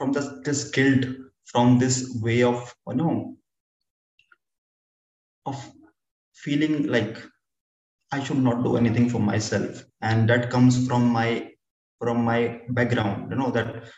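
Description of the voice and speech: Adult male speaker from New Delhi who stammers and has an undiagnosed learning disability. His speech is broken by long silent blocks, one lasting about two seconds, along with prolonged sounds and a repeated phrase, "from my, from my."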